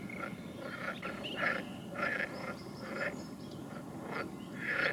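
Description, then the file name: Frogs croaking in a chorus, with harsh pulsed calls repeated in bursts. "Ni Gi D - Nature Recordings - Frogs"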